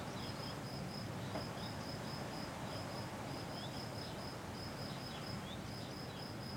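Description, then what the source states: Cicada song, high rapid pulses repeated in bursts, over a continuous rush of wind. Single cicada that had been hiding in the garden all week; recorded in a garden on a day of constant mistral wind blowing through a pine tree.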